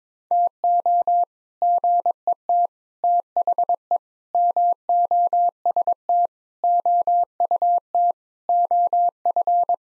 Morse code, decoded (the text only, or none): TO GET THE MOST OUT OF